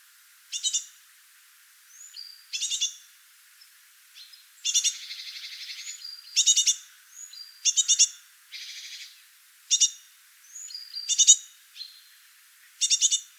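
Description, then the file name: Eurasian blue tit calls: rapid buzzy churrs and a longer rattling trill, interspersed with faint high whistles, repeating irregularly across the recording. "Cyanistes caeruleus"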